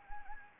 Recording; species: mosquito wingbeat signal from an infrared sensor; Anopheles gambiae